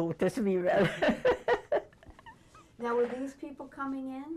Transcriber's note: laughs